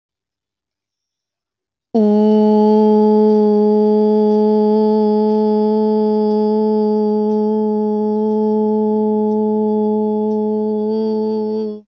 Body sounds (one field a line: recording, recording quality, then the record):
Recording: sustained vowel as in boot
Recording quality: excellent, no background noise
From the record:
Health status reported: healthy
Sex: female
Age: 27 years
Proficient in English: yes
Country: India